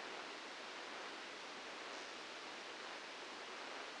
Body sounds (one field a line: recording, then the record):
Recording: brain microelectrode recording played as sound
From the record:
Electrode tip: outside the subthalamic nucleus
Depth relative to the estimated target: 2 mm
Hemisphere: left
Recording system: NeuroSet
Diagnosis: Parkinson's disease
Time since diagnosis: 8 years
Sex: male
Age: 59 years